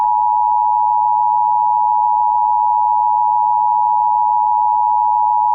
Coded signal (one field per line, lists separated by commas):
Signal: Emergency Alert System (SAME) tones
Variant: 853 and 960 Hz attention tone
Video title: FFF: FIONA'S FATAL FURY | EAS Alerts from 9/18/2022 (EAS #1986-1997)